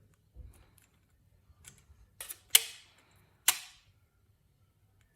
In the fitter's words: put the beads right underneath and then just push it down until it clicks all the way so